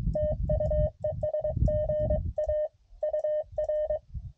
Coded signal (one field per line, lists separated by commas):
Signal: Morse code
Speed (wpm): 23 wpm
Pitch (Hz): 610 Hz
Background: none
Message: TU ES GA UR